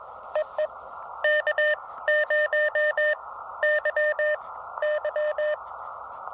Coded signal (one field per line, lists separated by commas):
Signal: Morse code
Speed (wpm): 19 wpm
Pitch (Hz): 590 Hz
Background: none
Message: E E K 0 Y Y